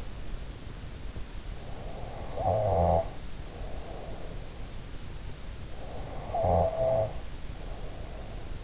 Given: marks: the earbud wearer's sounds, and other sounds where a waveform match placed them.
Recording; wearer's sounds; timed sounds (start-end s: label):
sounds in sleep by an in-ear microphone; snoring breath
1.71-4.51 s: snoring breath
5.74-8.64 s: snoring breath